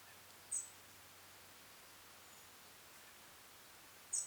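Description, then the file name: European robin calls: two thin, very high, brief notes about three and a half seconds apart over faint steady background hiss. "Erithacus rubecula"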